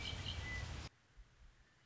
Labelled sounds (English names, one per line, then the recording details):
Red-winged Blackbird
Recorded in Sonoma County, California